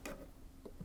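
Two black plastic lugs are pushed back into the bottom of a pressure washer housing, flat sides aligned so they can lock into place. A sharp tick at 0.1 s is followed by a softer one near 0.7 s. Nothing has seated or clicked yet.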